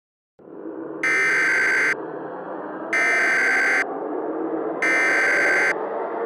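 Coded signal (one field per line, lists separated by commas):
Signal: Emergency Alert System (SAME) tones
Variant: header bursts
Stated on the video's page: Simulated EAS scenario, fictional.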